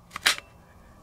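A handgun is pushed down into a synthetic Alien Gear Core Carry Pack holster shell until it snaps into the retention. A faint tick comes at 0.2 s, then a sharp, bright click at 0.3 s as the gun seats, followed by a light tick at 0.4 s and quiet.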